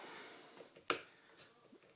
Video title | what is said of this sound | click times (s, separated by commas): Glidetrack 'MobiSlyder' - Does it Suck? No. It's Real Sweet. | and you hear that click that's it in and I'm just going to | 0.9 s